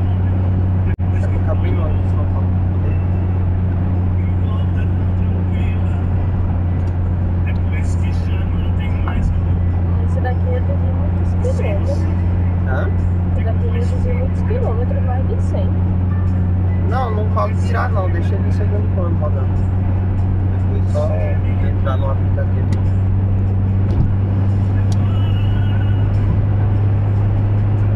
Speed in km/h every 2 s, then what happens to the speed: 105, 104, 103, 100, 100, 100, 103, 104, 105, 107, 108, 110, 115, 118.
0-10 steady at about 100. 10-28 speeds up to 118.